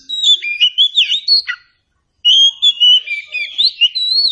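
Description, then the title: Oriental Magpie-Robin song, quick varied whistled notes, a short pause, then a longer sweet whistled phrase with rising and falling notes. Meant to prompt a bird to sing in reply. "Nyaut Kacer"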